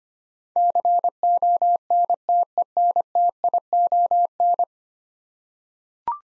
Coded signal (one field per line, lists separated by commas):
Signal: Morse code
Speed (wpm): 25 wpm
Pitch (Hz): 700 Hz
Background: none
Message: CONTENTION